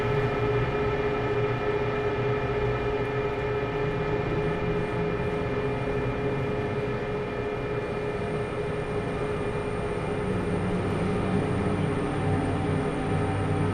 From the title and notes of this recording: Winter in Saint Petersburg presents a sound art work with field recordings collected in Saint Petersburg.